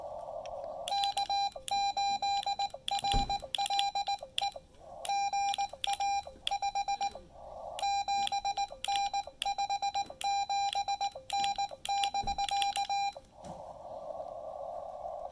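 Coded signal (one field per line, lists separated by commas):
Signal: Morse code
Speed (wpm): 19 wpm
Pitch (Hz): 800 Hz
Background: none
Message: K8RLE GA 57N 57N <BK>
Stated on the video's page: POTA activation at Lake Norman using a Xiegu X5105 running on its internal battery.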